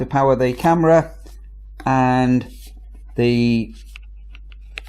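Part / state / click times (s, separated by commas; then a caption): power adapter plug into a Wi-Fi security camera / seated / 4.8 s. Someone talks while the power lead from a power bank is plugged into the socket of a Nooie 360° indoor pan/tilt Wi-Fi security camera. A few faint ticks follow, then a sharp click at 4.8 s as the adapter plug seats firmly and snugly in place.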